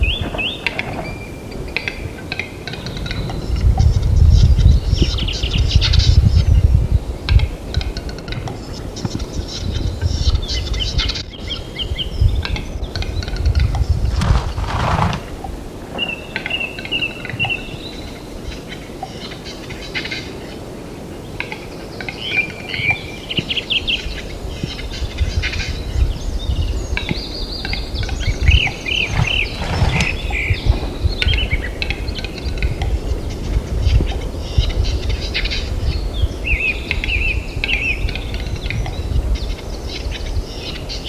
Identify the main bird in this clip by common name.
Western Capercaillie